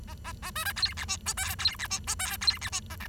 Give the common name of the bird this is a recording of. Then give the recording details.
Bengalese Finch. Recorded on 23 June 2012 at 07:22. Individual gr41rd51